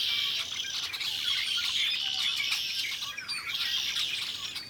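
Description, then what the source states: Red-winged Blackbird flock in a constant clamour of rapid chips, squeaks and brief whistles from many birds at once. Large flock that had been feeding on the ground flew to a nearby tree and burst into sound; windy day, near a boardwalk.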